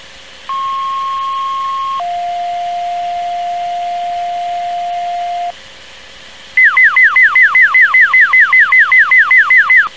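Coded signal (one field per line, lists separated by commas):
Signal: two-tone page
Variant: Plectron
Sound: 1.5 s high tone, 3.5 s lower tone, pause, then fast repeating downward-sweeping warble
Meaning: Sequential two-tone code that activates a matching receiver, followed by an alert warble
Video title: plectron tones sound | free funny sound | game sound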